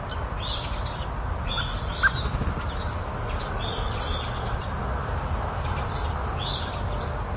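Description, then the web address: Bird chirping: short, thin chirps at irregular intervals, set against a constant broad hiss and low rumble. Suburban setting; agitated birds, flapping. "suburban ambience with agitated birds flapping and chirping"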